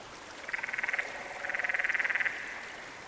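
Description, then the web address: Canyon frog gives two pulsed trills, the second longer, each a fast rattle of pulses. "Dan Gibson's Solitudes Frog Song. Canyon Frog"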